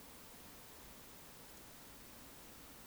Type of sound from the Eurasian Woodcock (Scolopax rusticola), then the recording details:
whistle. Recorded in Baden-Württemberg, Germany, on 18 June 2021 at 20:32 UTC. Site 49334, 1074 m above sea level